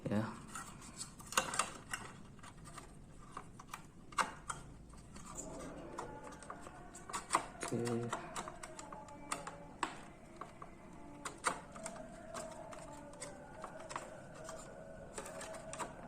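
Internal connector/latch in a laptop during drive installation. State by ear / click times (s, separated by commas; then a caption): not seated / none. Inside an ASUS X541U laptop, an internal connector or its latch is handled while an SSD is being fitted. Scattered sharp clicks and taps are heard as someone talks. Nothing has seated or clicked home yet.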